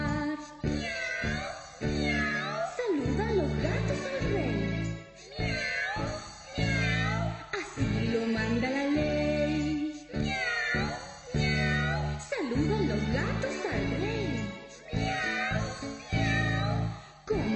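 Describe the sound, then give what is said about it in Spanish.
Repeated cat meows, rising and falling in pitch, come in short bursts over a steady, rhythmic musical backing that plays throughout. “Con los animales el rey quiere jugar y ordena que los gatos lo vengan a saludar.”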